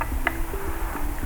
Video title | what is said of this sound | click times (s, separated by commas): INMOTION P6 - Driver Board Replacement | When you push it down, make sure you hear that click. | 0.3 s